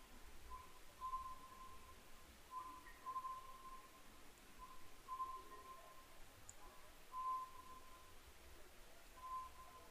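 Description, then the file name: Oriental scops owl calling steadily, flat whistled notes repeated roughly every two seconds throughout, over faint low background noise. Recorded 22 May 2010 at 21:06. "konohazuku-20100522-2106"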